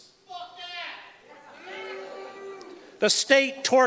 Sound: audience boos